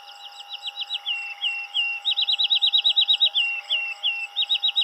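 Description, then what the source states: Field sparrow singing high, clear whistled notes and fast trills, over a steady hum. Recorded 7 July 2007.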